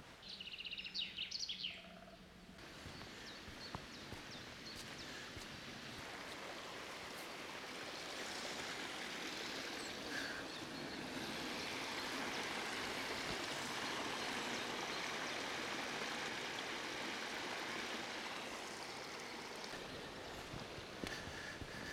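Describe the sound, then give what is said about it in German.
Water from a larger spring trickles and babbles steadily across a hillside path, spreading over several spots and flowing back together on the path like a small delta, in a continuous bright splashing wash, with a few bird chirps at the start before the water sound swells and holds. “Hier läuft Wasser über den Weg, was aus einer größeren Quelle kommt und sich nicht nur an einer Stelle durch den Hang Bahn bricht, sondern auf mehrere Stellen verteilt und dann quasi wie so ein kleines Delta auf dem Weg wieder zusammenfließt”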